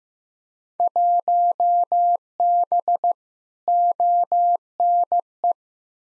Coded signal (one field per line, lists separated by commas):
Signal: Morse code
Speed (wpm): 15 wpm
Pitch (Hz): 700 Hz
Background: none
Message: 1B ONE